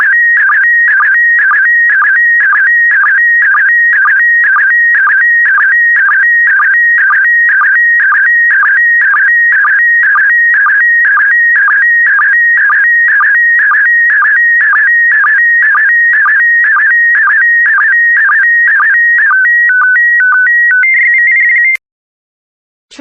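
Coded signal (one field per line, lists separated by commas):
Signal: SSTV (slow-scan television)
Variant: PD120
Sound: warbling tone sweeping between pitches with regular short low blips twice a second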